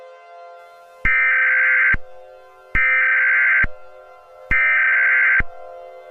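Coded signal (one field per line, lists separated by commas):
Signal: Emergency Alert System (SAME) tones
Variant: header bursts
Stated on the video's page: Fictional EAS scenario, not a real alert.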